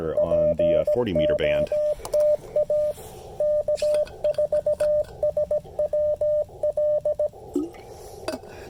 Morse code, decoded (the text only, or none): POTA K4SWL